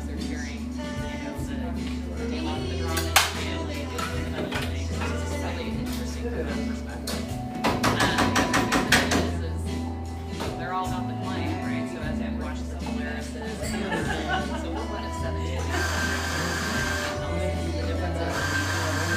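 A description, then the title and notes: Café sounds from a little drip coffee joint: a steady low machine hum runs throughout under murmuring voices and clinks. Around eight to nine seconds a rapid rattling burst stands out, and near sixteen seconds a brief hiss rises over the chatter. Café sounds from a little drip coffee joint in eastern Seattle.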